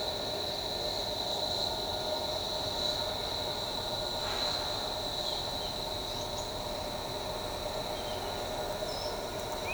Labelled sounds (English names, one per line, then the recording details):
Ochre-lored Flatbill
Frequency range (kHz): Ochre-lored Flatbill 4.8-5.8 kHz
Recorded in shrubland near Pivijay, Magdalena, Colombia, on 15 April 2023 at 09:30
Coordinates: 10.453, -74.365
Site P5-G022